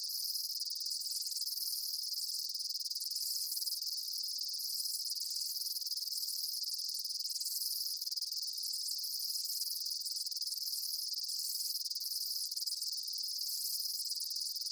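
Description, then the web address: Insects chirping in a steady high-pitched chorus of fast pulses, with brief lower chirps recurring roughly every two seconds. Daytime insect ambience; chirping bugs recorded during the day. "Blast Wave Update 1 Amb Day Insects. animal ambience insects chirps day bugs"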